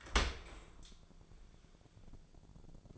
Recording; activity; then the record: daily activity, microphone in the room; open dishwasher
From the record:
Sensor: 5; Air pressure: 1000.6 hPa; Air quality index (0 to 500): 153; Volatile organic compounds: 2 ppm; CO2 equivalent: 1173 ppm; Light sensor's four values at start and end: 40/92/39/43 and 41/93/40/43